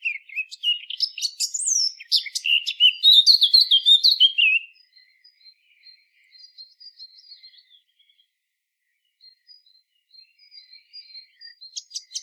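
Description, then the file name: Eurasian blackcap song: a rapid scratchy warble growing louder for several seconds, then soft, faint twittering and a brief renewed burst at the end. "Sylvia atricapilla"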